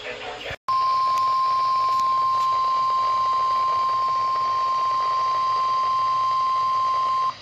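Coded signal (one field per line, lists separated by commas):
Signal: Emergency Alert System (SAME) tones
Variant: 1050 Hz attention tone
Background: speech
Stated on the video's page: NOAA Weather Radio alerts captured from several stations, including a PDS Severe Thunderstorm Warning, during a severe weather outbreak.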